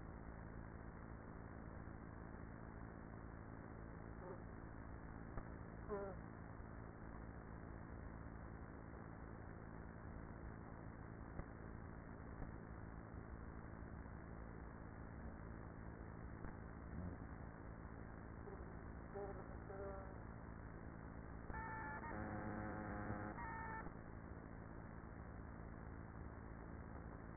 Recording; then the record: honeybee colony, microphone inside the hive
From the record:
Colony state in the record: queenless with a low population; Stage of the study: after two queens were removed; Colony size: about 30,000 bees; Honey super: no